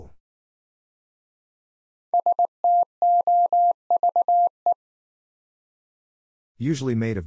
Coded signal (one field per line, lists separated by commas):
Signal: Morse code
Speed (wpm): 19 wpm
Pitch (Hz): 700 Hz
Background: speech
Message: STOVE